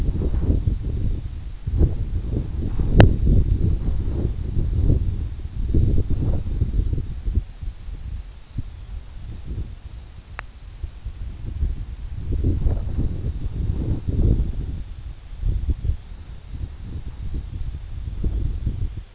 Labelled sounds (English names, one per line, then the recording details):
none
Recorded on Arctic tundra, site EABA-1, on 27 June 2018
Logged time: 12:00